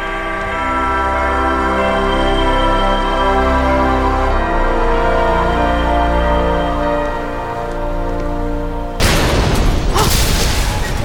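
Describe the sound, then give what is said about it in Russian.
A steady, layered tonal drone plays for several seconds, then the heavy doors of a king's court hall slam shut with a single loud booming crash near the end, its rumble lingering afterward. “За сегодня я уже много раз слышала, как эти двери захлопываются, и каждый раз я страшно пугаюсь.”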